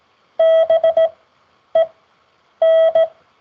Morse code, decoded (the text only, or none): BEN